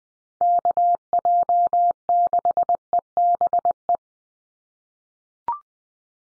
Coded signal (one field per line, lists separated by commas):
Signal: Morse code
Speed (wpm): 20 wpm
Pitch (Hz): 700 Hz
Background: none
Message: KJ6EBE